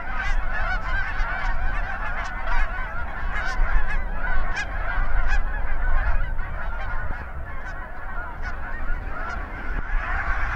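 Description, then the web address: Canada goose: canada geese honking in a dense, overlapping chorus, calls tumbling over one another continuously above a deep rumbling noise. Geese taking off. "Canada Goose Sounds Goose Takeoff"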